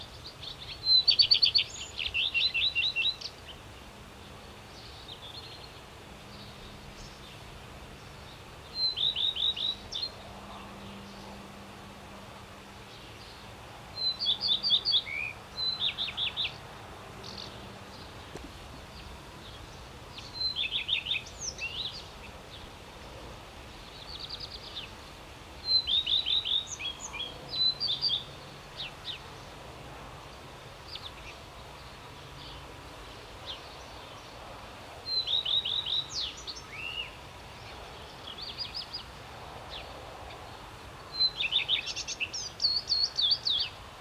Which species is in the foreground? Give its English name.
Common Redstart